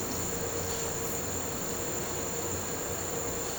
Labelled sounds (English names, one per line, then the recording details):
none
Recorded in pastures near Puerto Asís, Putumayo, Colombia, on 4 March 2025 at 15:30
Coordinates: 0.466, -76.322
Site CSA-02